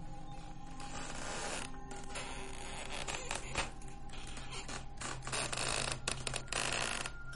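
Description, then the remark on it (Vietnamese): A long, grating creak that drags on for several seconds, its rough, uneven texture rising and falling in bursts over a steady low hum, with no voices present. “Thế nhưng chỉ mấy giây sau, tiếng cót két lại vang lên, làm cho Đăng toàn thân cứng đờ.”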